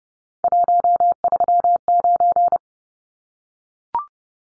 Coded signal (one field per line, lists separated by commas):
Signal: Morse code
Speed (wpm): 30 wpm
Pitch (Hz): 700 Hz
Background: none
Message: 139